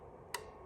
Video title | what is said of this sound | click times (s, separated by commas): Panasonic RF2200 on SW vs Yaesu FTDX101 | hear that click now | 0.3 s